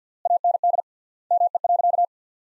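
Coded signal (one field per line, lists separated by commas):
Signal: Morse code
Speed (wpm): 49 wpm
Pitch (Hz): 700 Hz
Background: none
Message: AND ME.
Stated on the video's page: Morse sentences built from the top 500 words at 50 wpm with 3x standard word spacing, a word-level analogue of Farnsworth spacing, for head-copy practice.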